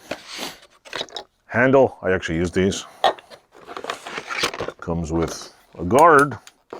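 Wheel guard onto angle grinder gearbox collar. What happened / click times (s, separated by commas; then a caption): Handled only, the guard has not yet clicked into place / none. The plastic/metal wheel guard is being handled and fitted onto the gearbox collar of a DeWalt DWE4011 4.5-inch angle grinder during unboxing, while someone talks. Brief taps and handling noises sound between the words, the sharpest at about 3.0 s. The guard has not snapped into place yet; nothing has seated by the end of the clip.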